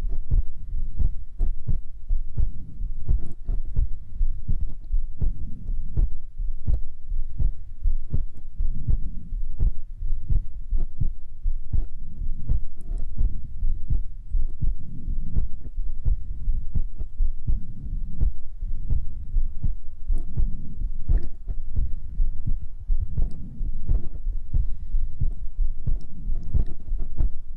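A steady, deep thumping heartbeat at about 86 beats a minute, heard close up with muffled low-pitched beats throughout. Soft breathing noise sits faintly beneath the beats, as a relaxing ASMR heartbeat-and-breathing track.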